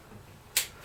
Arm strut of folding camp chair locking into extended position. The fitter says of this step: click this one will actually pull twice